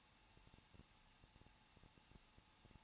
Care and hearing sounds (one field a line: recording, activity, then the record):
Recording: daily activity, microphone in the room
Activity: no activity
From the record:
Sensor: 1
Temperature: 20.1 degrees Celsius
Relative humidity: 39.1%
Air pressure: 1006.4 hPa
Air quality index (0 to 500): 216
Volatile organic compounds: 74 ppm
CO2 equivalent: 3558 ppm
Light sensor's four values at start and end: 1/2/1/1 and 1/2/1/1